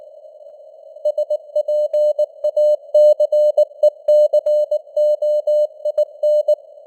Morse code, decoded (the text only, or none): SPACECOIN